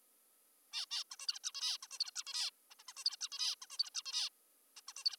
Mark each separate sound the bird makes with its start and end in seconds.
0.73-0.86, 0.91-1.04, 1.12-1.16, 1.20-1.27, 1.28-1.39, 1.44-1.52, 1.55-1.78, 1.83-1.88, 1.91-1.98, 2.00-2.11, 2.16-2.24, 2.27-2.50, 2.70-2.75, 2.80-2.83, 2.88-2.93, 2.97-3.04, 3.05-3.16, 3.21-3.28, 3.32-3.55, 3.62-3.66, 3.70-3.78, 3.79-3.90, 3.94-4.02, 4.06-4.29, 4.77-4.81, 4.88-4.93, 4.97-5.04, 5.05-5.16